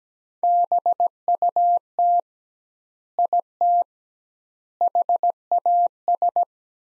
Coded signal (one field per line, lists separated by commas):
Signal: Morse code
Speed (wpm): 17 wpm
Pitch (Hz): 700 Hz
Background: none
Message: BUT IT HAS